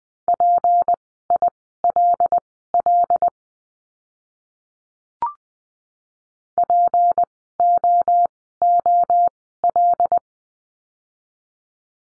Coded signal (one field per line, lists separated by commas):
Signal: Morse code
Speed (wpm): 20 wpm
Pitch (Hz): 700 Hz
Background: none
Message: PILL POOL